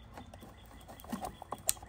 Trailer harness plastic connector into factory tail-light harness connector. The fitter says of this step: you should hear the click push the safety on